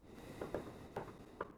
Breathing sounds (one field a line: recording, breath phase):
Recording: one breath near a microphone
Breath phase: exhalation